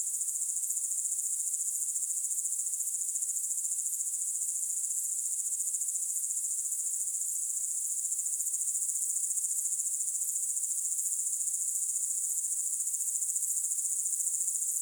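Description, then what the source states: Cricket trilling, an unbroken high-pitched pulsing drone beating evenly throughout, with no other sounds. Night sounds, presented for relaxation.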